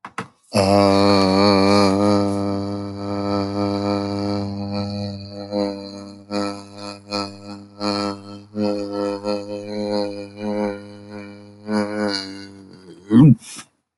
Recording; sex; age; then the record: vowel held as long as possible; male; 50 to 59 years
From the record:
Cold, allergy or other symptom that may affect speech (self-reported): no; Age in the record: 56 years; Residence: Hawaii, United States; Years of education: 17